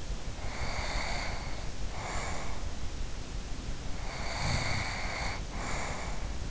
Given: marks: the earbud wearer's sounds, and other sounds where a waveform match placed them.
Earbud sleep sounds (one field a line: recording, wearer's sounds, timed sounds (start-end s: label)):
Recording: sounds in sleep by an in-ear microphone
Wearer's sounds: breath, snoring breath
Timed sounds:
0.25-2.91 s: breath
3.92-6.29 s: snoring breath